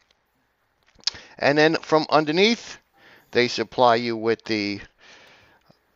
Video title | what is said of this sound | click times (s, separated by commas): REPLACE TANK TO BOWL GASKET STOP LEAKING | but it just simply clicks into place there's that locking ring again | 1.1 s